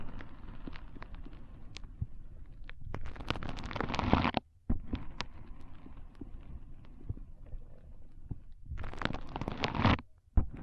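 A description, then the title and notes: Foam being squeezed and rubbed in a brain-massage style, a dense crackling and squishing texture with low rumbling underneath. Louder rushes of bubbling crackle build around 3–4 seconds and again near 9–10 seconds, each ending in a brief silence, with sharp pops scattered throughout. ASMR Powerful Foam Brain Massage.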